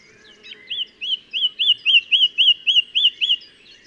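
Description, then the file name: Common nightingale song phrase: a clear series of about eleven looping whistled notes, evenly repeated about four times a second. "Luscinia megarhynchos"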